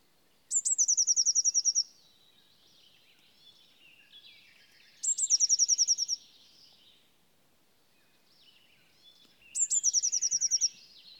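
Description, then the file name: Eurasian blue tit song, a high thin note followed by a fast even trill, repeated about every four and a half seconds, with faint softer bird twitters between. "Cyanistes caeruleus"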